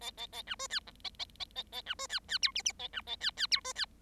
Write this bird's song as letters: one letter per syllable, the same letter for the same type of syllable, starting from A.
A A A B C D E A A A A A B C D D F G G A B A D D F C D